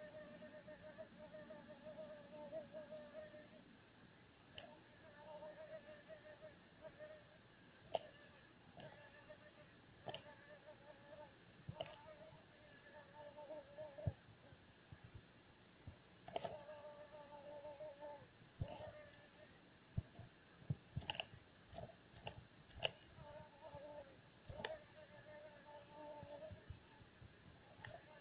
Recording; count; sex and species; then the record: mosquito flight sound in a plastic cup; one mosquito; not Aedes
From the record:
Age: 1 day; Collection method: larva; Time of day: 18:57